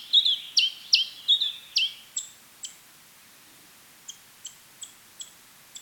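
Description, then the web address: House sparrow giving a burst of about five bright, falling chirps in two seconds, then a few fainter notes, a pause, and a series of short high ticks. Song recorded on 13 July 2007 at 04:31. "hlehto. physp 0431 varpai"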